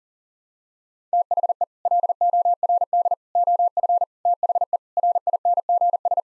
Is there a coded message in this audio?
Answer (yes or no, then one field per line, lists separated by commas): yes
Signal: Morse code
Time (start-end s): 1.1-6.2 s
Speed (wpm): 40 wpm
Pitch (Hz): 700 Hz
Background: none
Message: THE LORD OF THE RINGS